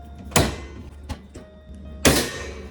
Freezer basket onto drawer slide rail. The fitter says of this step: You're gonna leave that corner piece out and snap it in.